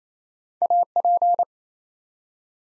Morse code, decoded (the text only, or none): AP